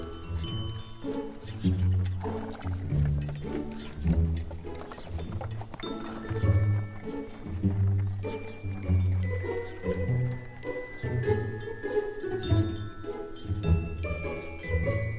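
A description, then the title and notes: Townsfolk go about their work amid farm animals, with low, drawn-out calls and voices that rise and fall almost continuously. Thin bird chirps and small tinkling sounds flicker above throughout, and the overall level stays busy and fairly steady. Peaceful fantasy town in the morning.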